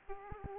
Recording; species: mosquito wingbeat signal from an infrared sensor; Aedes aegypti